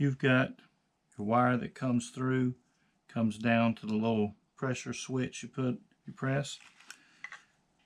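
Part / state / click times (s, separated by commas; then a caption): laser pressure switch piece onto pistol grip / seated / 7.2 s. Someone talks while a laser part with a low-pressure switch wire is pressed onto the pistol grip of a Sig Sauer P365 custom build with an XL grip and Lima laser. It snaps in and seats with a short, sharp click at 7.2 s.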